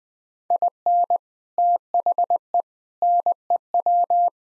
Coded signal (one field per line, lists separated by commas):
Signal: Morse code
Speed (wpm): 20 wpm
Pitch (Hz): 700 Hz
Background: none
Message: IN THE NEW